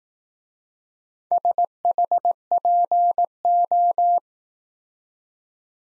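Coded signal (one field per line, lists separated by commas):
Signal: Morse code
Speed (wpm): 19 wpm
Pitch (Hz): 700 Hz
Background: none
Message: SHPO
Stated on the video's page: Morse practice of four-character letter-number groups in Speed-Racing format: starts fast and slows to a 15 wpm base, with the top speed 1.5 times the base.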